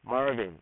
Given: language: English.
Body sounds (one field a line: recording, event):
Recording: throat vibration sensor signal played as sound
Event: speech